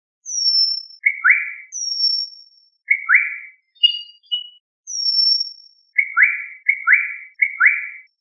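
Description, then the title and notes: Bird song of high, thin downslurred whistles alternating with short, sharp chirps that sweep downward, delivered in quick bursts with brief pauses between. Compilation of Indonesian bird songs. "Kicau Burung Indonesia"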